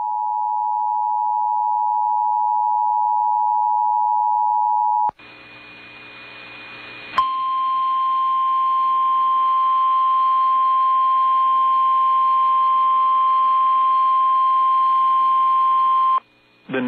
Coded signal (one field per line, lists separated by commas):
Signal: Emergency Alert System (SAME) tones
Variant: 853 and 960 Hz attention tone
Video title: Siouxland Wants Some More | EAS Alerts from 10/23/2022 (EAS #1501-1506)